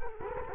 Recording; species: mosquito wingbeat signal from an infrared sensor; Culex quinquefasciatus